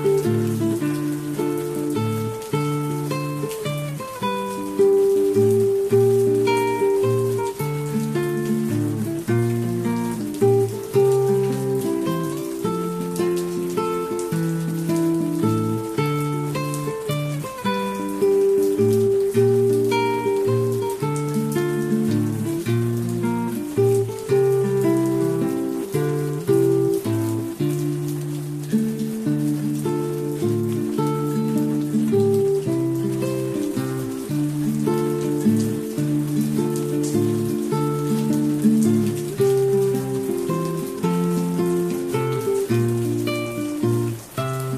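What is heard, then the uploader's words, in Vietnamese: Guitar music plays over the sound of rain, a steady patter of drops running underneath the whole 45 seconds. The guitar picks out a calm, repeating melody of sustained notes over a low bass line, keeping an even, unhurried pace with no breaks. Nhạc Guitar với tiếng mưa.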